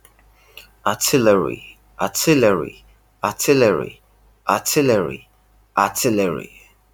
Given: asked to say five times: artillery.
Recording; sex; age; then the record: repeated word; male; 40 to 49 years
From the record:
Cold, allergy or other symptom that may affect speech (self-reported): no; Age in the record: 40 years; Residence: United Kingdom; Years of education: 16